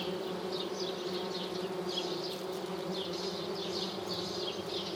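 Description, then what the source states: Bees, flies and hoverflies buzzing: a dense, unbroken drone of countless wings. Thousands or millions of insects, mainly bees, flies and hoverflies, foraging on flowering lime trees in a village square, Lesches-en-Diois, 1 July 2018, 6:55 am, no wind, 18-20 °C, two MKH8020 microphones, Nagra Seven.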